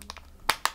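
A Samsung Galaxy Note 10 Plus is pressed into the inner frame of an ArmadilloTek Vanguard rugged case, with a few faint ticks early on. It pops into place with two sharp clicks at 0.5 and 0.6 seconds, and the phone is seated in the frame.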